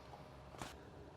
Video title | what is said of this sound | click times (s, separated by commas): Instalación sensores FarmTRX | and twist into place uh you'll know it's in when you feel a click | 0.6 s